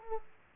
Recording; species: mosquito wingbeat signal from an infrared sensor; Aedes aegypti